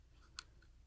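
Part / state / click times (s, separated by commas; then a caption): microSD memory card in a dashcam card slot / released / 0.4 s. A microSD memory card is pushed into the spring-loaded push-push slot of an Anker Roav Dashcam C2, which is hard to get out without fingernails. A single sharp tick sounds at 0.4 s, followed by a faint softer tick near 0.6 s, and the card pops out of the slot. No one talks.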